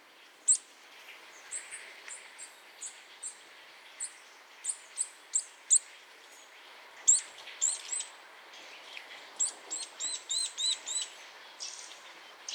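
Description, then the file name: Eurasian nuthatch calling with short, high, clipped notes repeated in uneven runs, sometimes quickening into brief trills, with a soft hiss behind. "Sitta europaea"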